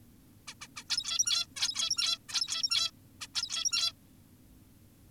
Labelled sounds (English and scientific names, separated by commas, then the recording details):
Zebra Finch (Taeniopygia guttata)
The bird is an adult
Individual g17y2U